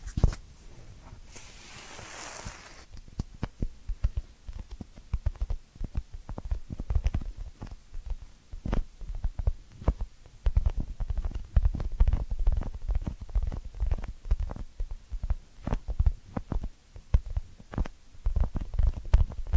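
Ear cleaning sounds: dense, irregular crackles and soft thumps that continue throughout, heavy in the low end with sharp bright clicks. Near the start, around one to three seconds, a brief hiss of rubbing rises above the rest before the crackling resumes.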